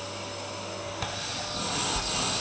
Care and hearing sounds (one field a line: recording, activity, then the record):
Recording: daily activity, microphone in the room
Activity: vacuum cleaning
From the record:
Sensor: 2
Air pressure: 999.1 hPa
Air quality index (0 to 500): 202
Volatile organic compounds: 31 ppm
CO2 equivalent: 2983 ppm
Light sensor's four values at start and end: 6/14/5/5 and 5/13/5/5